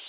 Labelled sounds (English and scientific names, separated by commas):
Pine Warbler (Setophaga pinus) flight call